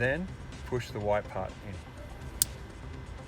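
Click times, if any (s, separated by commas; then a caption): 2.4 s. Someone talks, then the white plastic secondary lock (terminal position assurance) of a two-pin connector, part of a Ford Maverick bed lighting kit, is pushed in after the terminal is seated. A loud, sharp snap is heard at 2.4 s as the lock seats.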